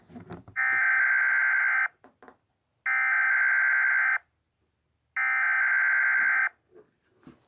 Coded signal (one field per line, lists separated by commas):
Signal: Emergency Alert System (SAME) tones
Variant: header bursts